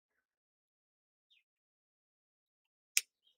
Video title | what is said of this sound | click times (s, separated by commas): Sunday LIVE: Sony CF-303S radio cassette repair part 2 | That was quite a nice click actually. | 3.0 s